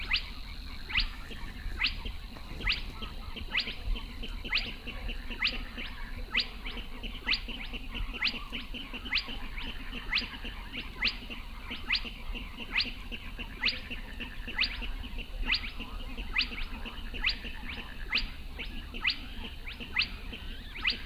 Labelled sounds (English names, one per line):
Spotted Crake